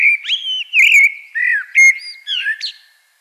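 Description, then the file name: Common blackbird giving a continuous run of rich, fluty whistled notes mixed with thin squeaky high notes. "Turdus merula"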